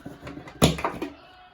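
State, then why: Seated. A bathroom fan motor assembly's tab is pushed a second time into the metal ceiling fan housing, giving a sharp snap at 0.6 s among a few softer handling knocks. The tab seats and locks into the housing.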